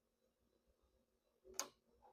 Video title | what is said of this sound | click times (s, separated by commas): Mounting a scope | There's the click. | 1.6 s